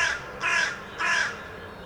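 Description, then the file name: Carrion crow cawing: a clipped caw at the start, then two longer rough caws roughly half a second apart. "Corvus corone"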